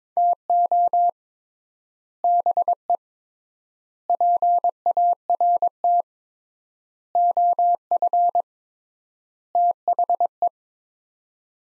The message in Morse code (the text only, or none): TO BE PART OF THE